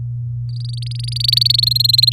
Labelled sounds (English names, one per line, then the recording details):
Domestic Canary song
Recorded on 4 May 2018 at 05:47
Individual llb16